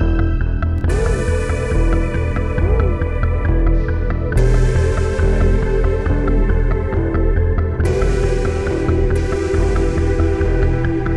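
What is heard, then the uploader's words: A slow pulse at 69 beats per minute sits beneath a dense, steady layer of sustained tones and a thick low rumble. Bright shimmering swells break in about every three and a half seconds, near the start, middle and end, while the overall loudness holds constant. 69bpm pulse in background.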